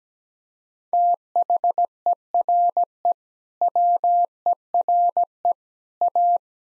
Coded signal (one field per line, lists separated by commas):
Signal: Morse code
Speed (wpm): 17 wpm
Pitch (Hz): 700 Hz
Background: none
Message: THERE WERE A